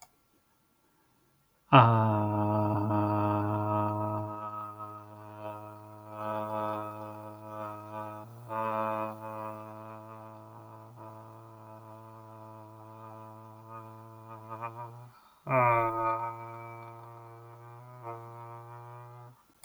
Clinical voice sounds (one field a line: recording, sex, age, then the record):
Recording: vowel held as long as possible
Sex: male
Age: 30 to 39 years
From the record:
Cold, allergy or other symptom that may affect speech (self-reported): no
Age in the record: 34 years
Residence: Ohio, United States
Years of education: 16